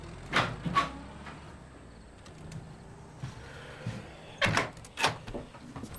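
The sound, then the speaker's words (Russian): A door being opened, with two pairs of sharp latch clicks and rattles, one at the start and another after a few seconds of quiet, over a soft background hum. “Джулиан оборачивается и подходит к двери.”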